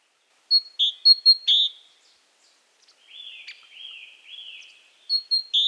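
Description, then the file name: Great tit gives a quick run of high and buzzy chirps, then softer drawn-out slurred notes, and another short burst of chirps at the end. "Parus major"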